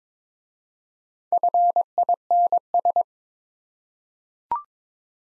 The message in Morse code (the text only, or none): FINS